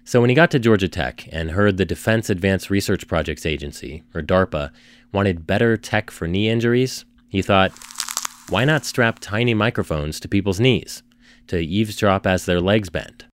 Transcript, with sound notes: So when he got to Georgia Tech and heard the Defense Advanced Research Projects Agency, DARPA, wanted better tech for knee injuries, he thought: [knee-cracking recording] Why not strap tiny microphones to people's knees, to eavesdrop as their legs bend?